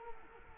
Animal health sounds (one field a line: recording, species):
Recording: mosquito wingbeat signal from an infrared sensor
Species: Culex quinquefasciatus